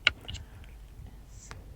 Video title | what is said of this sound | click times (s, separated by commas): How to install a roof rack on your VW UP! *step by step* | The first piece of which you click in to this bracket, | 0.1 s